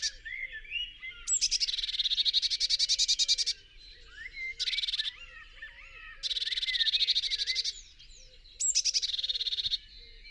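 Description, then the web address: Eurasian blue tit churring scold, a fast pulsed buzzy rattle repeated in four bursts, with faint thin chirps between them. "SETE Cyanistes caeruleus"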